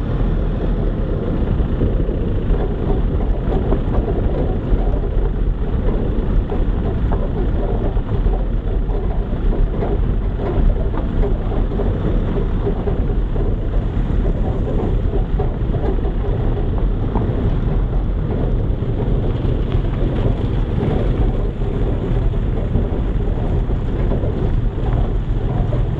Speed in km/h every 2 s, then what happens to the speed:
16, 16, 16, 15, 15, 15, 15, 15, 16, 17, 16, 15, 15.
0-26 steady at about 15.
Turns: none.